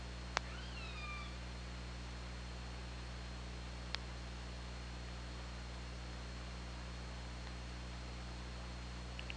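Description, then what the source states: Killer whale call, a falling then level tonal sound with stacked harmonics, preceded and followed by sharp clicks, over constant underwater hiss and low machine-like hum. Recorded on an OrcaLab hydrophone, 24 August 2017.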